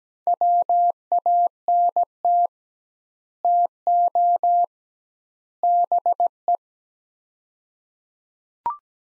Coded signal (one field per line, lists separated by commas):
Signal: Morse code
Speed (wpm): 17 wpm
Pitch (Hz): 700 Hz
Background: none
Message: WANT TO BE